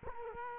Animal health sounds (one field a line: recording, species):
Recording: mosquito wingbeat signal from an infrared sensor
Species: Culex quinquefasciatus